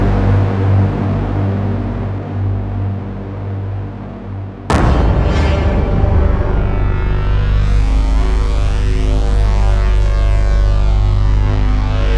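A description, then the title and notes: A dark cinematic rumble holds steady in the low end for the first few seconds, thick and droning. Just before the five-second mark a sudden hit bursts in, then the sound swells into a dense, ringing wall that grows brighter and shimmering toward the end. This sound library was created from hardware synthesizers and field recordings, then processed and twisted. 24-bit high definition. Cinematic Dark Sound Effects.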